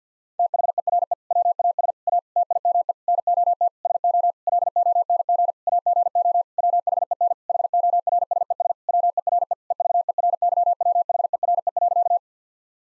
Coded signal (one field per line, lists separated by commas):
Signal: Morse code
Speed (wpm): 50 wpm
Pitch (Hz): 700 Hz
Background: none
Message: THERE WAS A TIME NOT SO LONG AGO WHEN HORSES WERE EVERYWHERE.